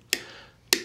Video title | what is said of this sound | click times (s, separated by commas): How To Install The Apex Action Enhancement Trigger For The Hellcat (incl. Thumb Safety) | i'm going to do is push the safety up and down a couple times make sure it goes up and down locks in place and locks down | 0.1 s, 0.7 s